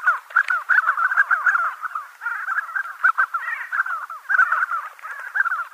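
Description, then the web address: Spotted sandgrouse calling continuously, a busy stream of quick bubbling, slurred notes throughout. "Schulze Peter Spotted Sandgrouse"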